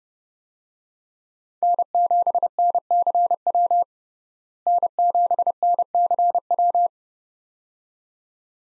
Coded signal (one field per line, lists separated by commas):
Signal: Morse code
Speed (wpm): 30 wpm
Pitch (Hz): 700 Hz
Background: none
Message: N7NCW N7NCW